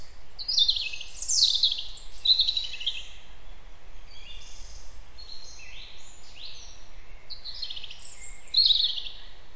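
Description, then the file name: European robin delivering clear high warbled phrases, thin whistles and quick trills, ending with a short bright flourish; steady low hiss behind. "Erithacus rubecula"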